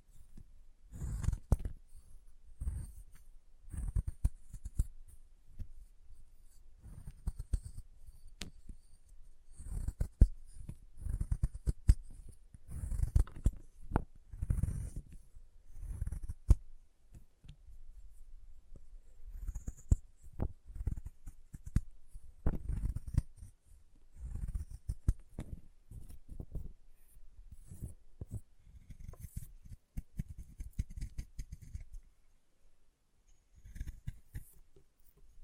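Chalk is carved and cut in short scraping strokes and soft taps, arriving irregularly every second or so across the whole stretch. Each stroke has a dull low thud with a thin gritty edge. Faint high hiss and scratchy flecks sit between the strokes.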